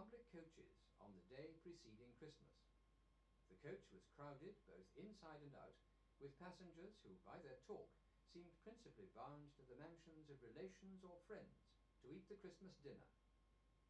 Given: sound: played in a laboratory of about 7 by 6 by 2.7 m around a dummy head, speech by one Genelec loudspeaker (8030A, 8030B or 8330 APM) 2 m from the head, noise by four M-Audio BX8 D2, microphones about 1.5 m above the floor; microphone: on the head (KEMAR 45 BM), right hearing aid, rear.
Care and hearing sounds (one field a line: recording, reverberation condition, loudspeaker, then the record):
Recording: male speech in English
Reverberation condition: low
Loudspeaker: 90 degrees to the left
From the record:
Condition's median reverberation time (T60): about 310 ms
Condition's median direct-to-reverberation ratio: about 3.5 dB